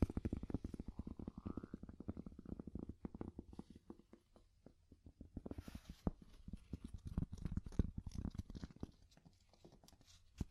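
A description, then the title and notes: Wood tapping in quick, uneven bursts of dull, low knocks, dense through the first four seconds, thinning briefly, then picking up again. A brighter scrape or rustle stands out near the six-second mark, and a few crisp clicks sprinkle the later taps. ASMR Calming Wood Tapping (No Talking).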